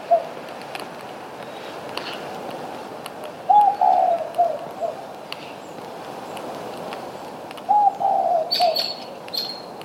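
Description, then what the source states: Spotted Dove giving two low, soft coo phrases about four seconds apart, each a short series of hooting notes, over quiet background chirping and a brief high twitter near the end. Recorded on Maui, Hawaii, in August 2026.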